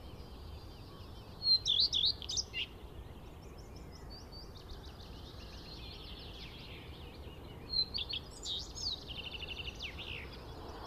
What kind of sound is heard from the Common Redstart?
song